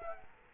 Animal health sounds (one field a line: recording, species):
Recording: mosquito wingbeat signal from an infrared sensor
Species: Culex quinquefasciatus